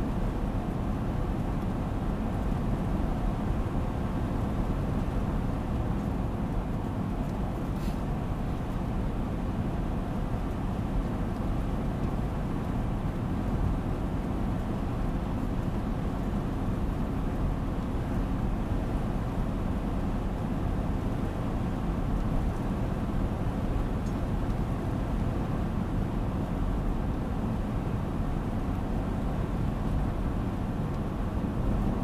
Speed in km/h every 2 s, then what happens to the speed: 90, 91, 91, 91, 91, 90, 91, 90, 91, 90, 91, 91, 91, 91, 92, 92.
0-32 steady at about 91.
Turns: none.